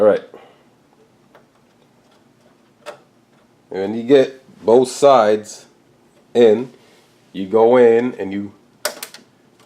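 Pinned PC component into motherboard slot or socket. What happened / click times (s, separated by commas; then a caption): The component clicks into its slot / 8.9 s. A pinned PC component is pressed down on both sides at the same time to seat it in its motherboard slot or socket without damaging the pins. Someone talks, then a loud, sharp click comes at 8.9 s as it seats, followed by a few smaller ticks.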